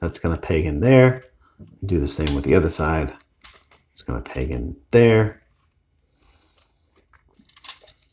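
Someone talks while handling a plastic transforming action figure, lining up the pegs and tabs on the inside of its arms with their sockets in the torso on both sides. A few faint handling ticks follow near 7.5 s and 7.9 s after the talking stops. The arm pegs have not clicked into place yet, and nothing has seated.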